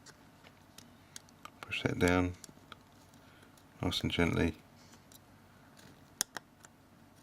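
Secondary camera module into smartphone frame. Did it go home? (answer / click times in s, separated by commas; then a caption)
yes / 6.2 s. The secondary camera module of a Galaxy S2 smartphone is set down gently into its slot in the phone's mid-frame and pressed home, with faint small ticks and handling sounds while someone talks. A sharp click at 6.2 s shows the module snapping into place and seating.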